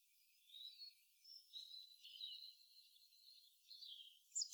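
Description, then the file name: European robin song, quiet thin whistles and a wavering high trill drawn out across several seconds. "Erithacus rubecula"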